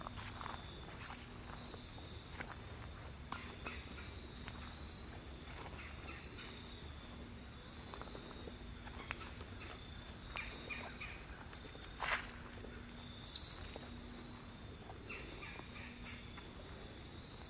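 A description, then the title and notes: A fall nature walk: regular crunching footsteps every second or so over a low steady hum, with a steady high tone and a few sharper clicks. Nature Walkabout in Fall.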